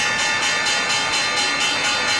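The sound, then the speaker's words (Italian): The Wall Street stock exchange opening bell in New York rings loudly and without pause, a bright, shrill metallic clangor with a steady pulsing rhythm throughout. It celebrates Emmanuel Macron's election victory, and no voices are heard over it. “Beh, lo scampanellio molto allegro, lo sentite, perché anche Wall Street ha celebrato ieri la vittoria del centrista Emmanuel Macron”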